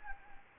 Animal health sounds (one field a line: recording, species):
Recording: mosquito wingbeat signal from an infrared sensor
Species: Anopheles gambiae